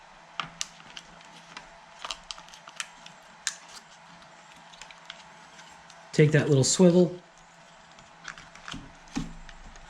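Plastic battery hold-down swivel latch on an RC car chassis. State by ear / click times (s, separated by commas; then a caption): not seated / none. A small plastic swivel latch of the battery hold-down on a CROBOLL 4x4 RC car chassis is handled, giving a series of light plastic taps and clicks while someone briefly talks. The swivel is being moved back over the battery, but nothing has seated or clicked into place yet.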